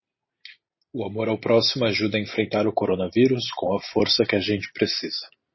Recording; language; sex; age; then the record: spoken sentence; Brazilian Portuguese; male; 20 to 29 years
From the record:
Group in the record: control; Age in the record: 20 years